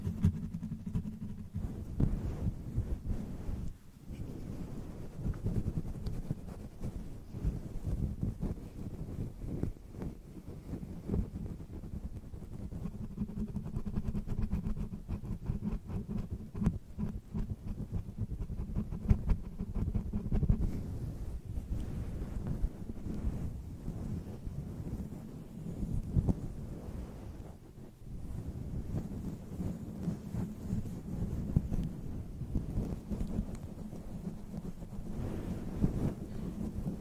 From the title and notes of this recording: ASMR SPA AND PERSONAL ATTENTION WITH FAST TINGLES ASMR, NO TALKING, SCALP MASSAGE, CAMERA BRUSHING.